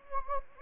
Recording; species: mosquito wingbeat signal from an infrared sensor; Anopheles gambiae